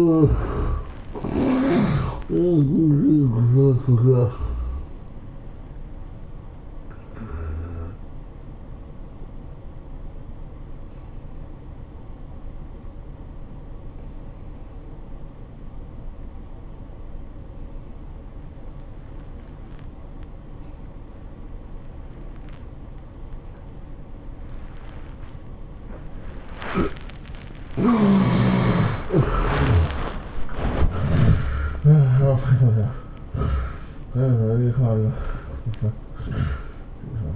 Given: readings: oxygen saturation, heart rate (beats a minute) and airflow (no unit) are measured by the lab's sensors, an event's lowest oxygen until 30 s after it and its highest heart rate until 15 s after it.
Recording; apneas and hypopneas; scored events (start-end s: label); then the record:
breathing in sleep by a smartphone at the bedside; 1
11.00-27.90 s: obstructive apnea (N1, oxygen 97% highest, then 73% lowest, heart rate 99 at the start, 113 highest)
From the record:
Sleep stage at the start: N1 (lightest sleep); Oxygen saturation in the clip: 73 to 97%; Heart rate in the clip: 84 to 113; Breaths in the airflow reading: 6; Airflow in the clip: -14.4 to 11.7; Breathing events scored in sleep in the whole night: 403 in 5.5 hours asleep